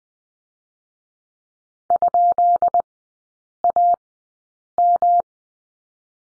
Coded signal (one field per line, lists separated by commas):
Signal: Morse code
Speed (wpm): 20 wpm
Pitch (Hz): 700 Hz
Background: none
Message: ?AM